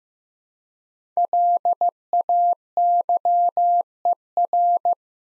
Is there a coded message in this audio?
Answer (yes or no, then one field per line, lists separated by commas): yes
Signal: Morse code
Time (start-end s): 1.2-4.9 s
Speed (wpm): 15 wpm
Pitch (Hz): 700 Hz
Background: none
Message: LAYER